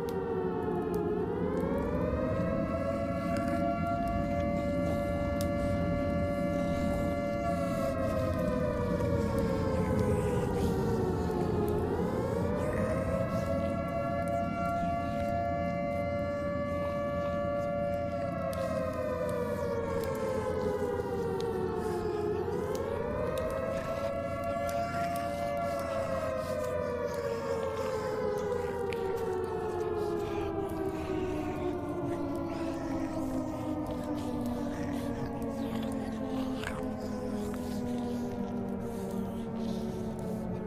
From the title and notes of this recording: Zombie apocalypse ASMR Ambience. Air raid siren.